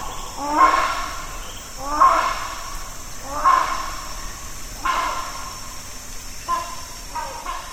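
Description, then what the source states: Rhinoceros hornbill calls: loud, coarse honks repeated about every one and a half seconds, four in a row, followed by shorter clipped notes, over a constant insect hum. Wild hornbills in tropical rainforest, Danum Valley, Sabah, Malaysia; calling after landing in a tree.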